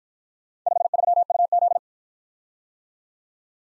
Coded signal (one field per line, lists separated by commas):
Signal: Morse code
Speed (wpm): 53 wpm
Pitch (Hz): 700 Hz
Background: none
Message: 53UZ